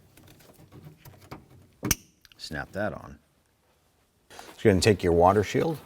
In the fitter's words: line up the upper one snap